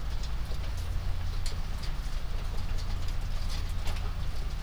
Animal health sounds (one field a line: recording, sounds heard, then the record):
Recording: poultry house recording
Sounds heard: healthy chickens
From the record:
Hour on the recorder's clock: 0